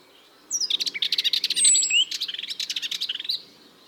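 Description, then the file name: Eurasian blackcap song: a single hurried phrase of scratchy, twittering notes, with a thin high whistle threaded through the middle. "Sylvia atricapilla"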